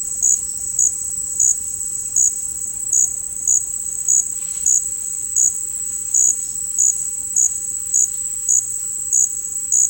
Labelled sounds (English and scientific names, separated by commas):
none